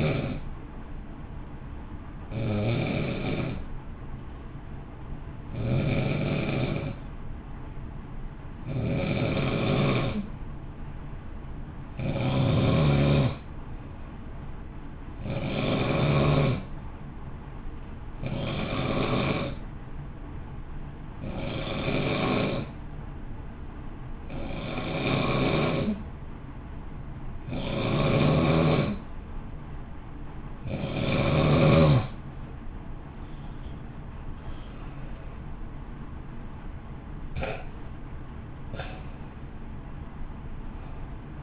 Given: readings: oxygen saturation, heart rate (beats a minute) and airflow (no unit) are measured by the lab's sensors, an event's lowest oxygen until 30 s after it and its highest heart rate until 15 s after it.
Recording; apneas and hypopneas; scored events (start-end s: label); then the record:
breathing in sleep by a smartphone at the bedside; 1
9.00-35.30 s: hypopnea (N2, oxygen 94% highest, then 88% lowest, heart rate 54 at the start, 64 highest)
From the record:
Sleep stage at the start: N2 (light sleep); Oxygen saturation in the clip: 89 to 94%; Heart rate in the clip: 53 to 64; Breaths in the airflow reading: 13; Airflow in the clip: -1.7 to 1.2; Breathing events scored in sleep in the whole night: 328 in 6.3 hours asleep